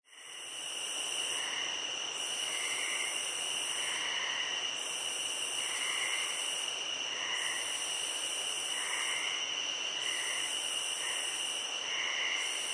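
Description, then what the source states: Crickets chirping in a steady high trill, with soft pulsed calls repeating beneath, over a constant hiss. Nature ambience.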